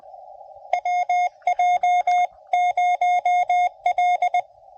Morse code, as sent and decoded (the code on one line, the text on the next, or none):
.-- .--- ----- .-..
WJ0L